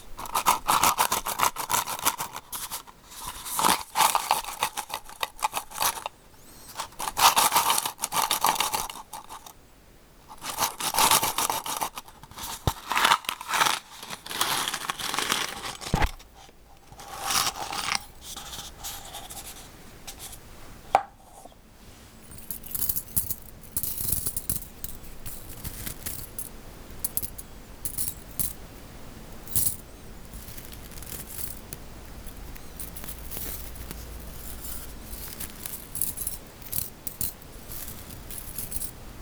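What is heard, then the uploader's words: Bright clicking and scraping from paper-clip nails, dense and busy for the first twenty seconds with quick bursts and short pauses. After about twenty-one seconds the sound turns softer and more even, a quieter steady tapping that continues to the end. クリップの音と指のタッピング. Tapping with Paper Clip Nails.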